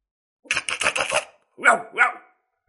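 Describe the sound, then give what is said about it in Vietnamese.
A large, old, yellow-furred dog barks alone: a quick run of about five short, sharp yaps, then a brief pause and two longer, fuller barks with a slightly howling tone. “Đó là một con chó già to tướng lông vàng, bộ dạng hí hửng.”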